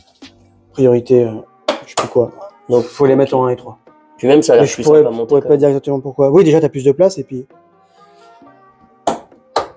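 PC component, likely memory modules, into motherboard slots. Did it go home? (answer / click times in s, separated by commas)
yes / 9.1 s, 9.6 s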